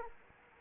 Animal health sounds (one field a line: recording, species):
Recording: mosquito wingbeat signal from an infrared sensor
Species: Anopheles arabiensis